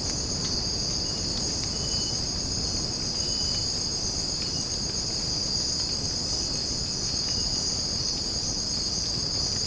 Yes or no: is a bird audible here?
no